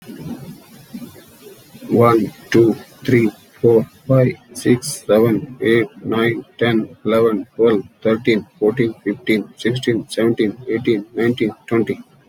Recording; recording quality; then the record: counting at a normal pace; excellent, no background noise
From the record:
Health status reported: healthy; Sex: male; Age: 50 years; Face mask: not worn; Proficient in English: yes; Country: India